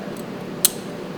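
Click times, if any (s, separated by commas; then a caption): 0.7 s. A metal retaining clip is pushed over a billet reservoir cap and snaps into the groove inside a shock reservoir. A single sharp, bright metallic click sounds at 0.7 s against a quiet background with faint high ticks near 0.2 s. The clip is seated in the groove.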